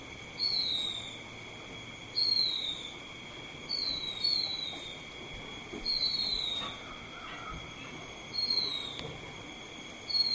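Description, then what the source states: Silvereye giving thin, high descending whistled notes, often doubled, repeated roughly every one to two seconds over a steady high-pitched background hum. Subspecies vegetus.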